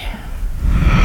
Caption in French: Le murmure vésiculaire des alvéoles qui se plissent et se déplissent selon la mécanique respiratoire.